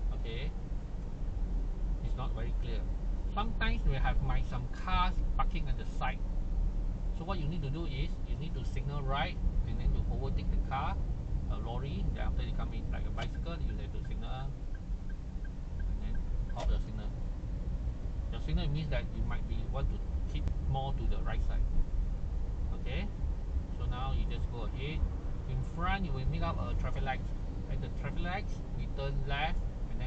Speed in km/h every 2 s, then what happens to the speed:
39, 39, 40, 36, 36, 35, 29, 26, 28, 31, 35, 36, 36, 38, 41.
0-9 steady at about 39. 9-15 slows to 26. 15-30 speeds up to 41.